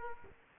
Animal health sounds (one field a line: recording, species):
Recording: mosquito wingbeat signal from an infrared sensor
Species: Aedes aegypti